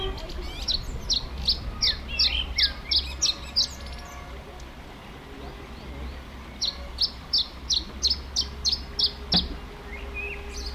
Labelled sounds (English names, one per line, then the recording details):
Canary Islands Chiffchaff song
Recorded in the wild
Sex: male
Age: adult
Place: Puerto de la Cruz, Teneriffa, Teneriffa, Kanarische Inseln, ES
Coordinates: 28.4139, -16.5483
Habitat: park
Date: 1964-04-27 10:25
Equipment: Nagra III PH, Parabolspiegelmikrophon, LGS26
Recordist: Schneider, Hans-Joachim